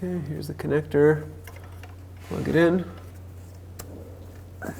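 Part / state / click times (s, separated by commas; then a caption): oxygen sensor wiring connector into engine harness plug / seated / 3.8 s. While replacing the rear transmission mount on a 2007-2010 Chrysler Sebring, a plastic electrical connector on the oxygen sensor wiring is pushed into its mating engine harness plug after the sensor wire is routed. Someone talks, then a sharp, short click is heard at 3.8 s as the connector seats.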